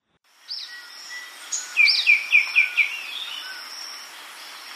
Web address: Natures Songs S America Birds of Ecuador White-winged Becard